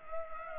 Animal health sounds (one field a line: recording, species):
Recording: mosquito wingbeat signal from an infrared sensor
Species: Culex pipiens